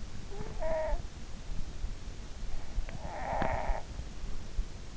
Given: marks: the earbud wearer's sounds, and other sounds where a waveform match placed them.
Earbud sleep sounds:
sounds in sleep by an in-ear microphone; snoring breath, teeth grinding
0.32-1.11 s: snoring breath
2.94-4.00 s: snoring breath
3.30-3.52 s: teeth grinding

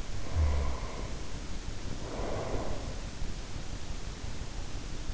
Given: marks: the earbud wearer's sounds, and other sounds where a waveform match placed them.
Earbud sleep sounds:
sounds in sleep by an in-ear microphone; snoring breath
0.00-2.92 s: snoring breath

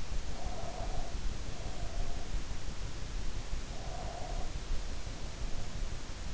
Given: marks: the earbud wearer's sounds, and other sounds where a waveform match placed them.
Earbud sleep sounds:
sounds in sleep by an in-ear microphone; breath
0.29-2.24 s: breath
3.49-5.08 s: breath

